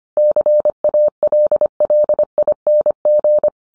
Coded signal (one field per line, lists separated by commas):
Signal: Morse code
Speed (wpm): 25 wpm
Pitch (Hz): 600 Hz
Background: none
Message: CALLING